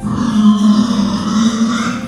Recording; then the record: squeal of a Yucatan mini pig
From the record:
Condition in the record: after surgery on the right vocal fold (resection and tissue-engineered implant); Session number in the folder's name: 13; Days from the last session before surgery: 113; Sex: female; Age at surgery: 19 weeks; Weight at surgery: 25 kg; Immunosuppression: prednisolone